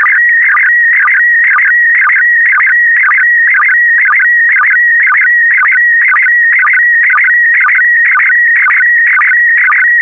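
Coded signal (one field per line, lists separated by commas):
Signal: SSTV (slow-scan television)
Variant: PD120 mode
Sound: steady warbling tone with rhythmic low chirps about twice a second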